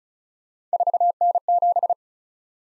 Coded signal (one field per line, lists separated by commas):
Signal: Morse code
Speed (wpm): 36 wpm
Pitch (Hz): 700 Hz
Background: none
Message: 4N7